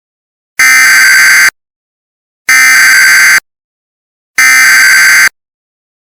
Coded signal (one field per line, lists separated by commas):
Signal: Emergency Alert System (SAME) tones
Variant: header bursts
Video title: EAS Mock - RMT Hijack (by former operator) (SOUND WARNING, NTSC-QT test)